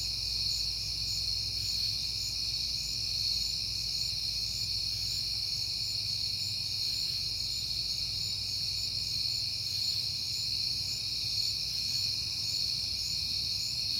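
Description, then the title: Cricket: high, continuous trilling of crickets, unchanging in pitch, with a dull low hum in the background. Recorded on a peaceful night in September. "Night Time: Crickets and Passing Cars"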